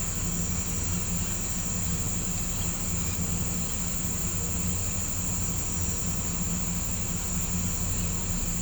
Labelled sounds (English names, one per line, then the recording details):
none
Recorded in pastures near Puerto Asís, Putumayo, Colombia, on 18 December 2024 at 17:30
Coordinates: 0.505, -76.324
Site G063